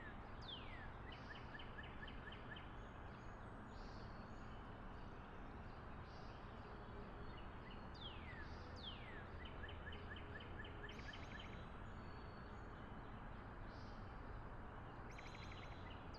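A backyard morning in Wakefield, Rhode Island, with a steady low rumble of traffic filling the whole clip. Bird calls sound repeatedly above it: quick descending whistles and short chirping trills around one and eight seconds, with smaller chirps scattered throughout.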